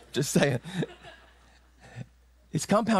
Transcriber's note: laughter